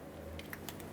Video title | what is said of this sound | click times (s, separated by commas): How to Replace Transmission Output Speed Sensor 2004-2016 Ford E-350 | Make sure it clicks and it's not going to fall out. | 0.5 s, 0.7 s